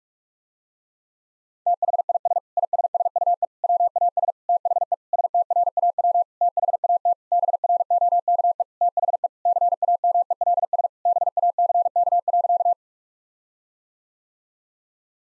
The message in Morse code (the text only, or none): THIS ISSUE WAS THE STRAW THAT BROKE THE CAMELS BACK.